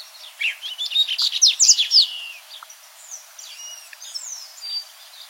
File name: Canto do Papa capim de costas cinzas